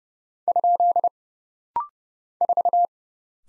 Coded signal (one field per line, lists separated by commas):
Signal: Morse code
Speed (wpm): 31 wpm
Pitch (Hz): 700 Hz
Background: none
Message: ? 4